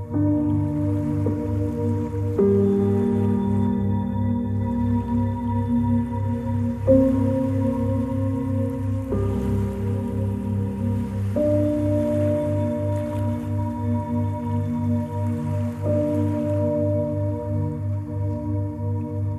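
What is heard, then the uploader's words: Soft, sustained music with held low notes that shift to a new chord every two or three seconds over a gentle, steady low pulse. Faint hissing wash sits behind it, swelling softly now and then like small waves; the level stays even throughout. Tiny Calming Waves with Music.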